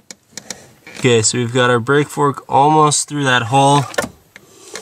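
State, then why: Seated. While a manual pedal assembly is installed under the dash of an E36 during a manual swap, the brake pushrod fork is fed through the hole in the firewall as someone talks, with a few light taps near the start. A short click at 4.4 s marks the pedal assembly part seating into position, followed by another faint tap just after.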